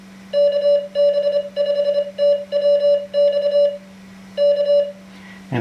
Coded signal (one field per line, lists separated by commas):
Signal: Morse code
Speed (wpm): 24 wpm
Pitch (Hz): 580 Hz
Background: none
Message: KB5TWX K